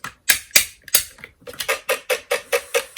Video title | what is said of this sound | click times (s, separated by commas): Dyson Ball Animal 2 (UP20) Vacuum Service | and I'll just twist it till it clicks three times | 0.3 s, 0.6 s, 1.0 s